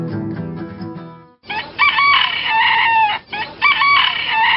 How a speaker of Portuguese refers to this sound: E quando o galo Felizmino começa a cantar, é hora de despertar